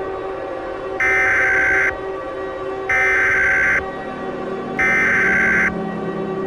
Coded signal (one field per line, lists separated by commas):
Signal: Emergency Alert System (SAME) tones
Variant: header bursts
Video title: Neutron Star (EAS Mini Scenario)